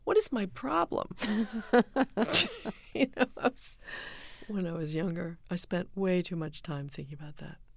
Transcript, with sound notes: What is my problem?
(LAUGHTER)
You know, when I was younger, I spent way too much time thinking about that.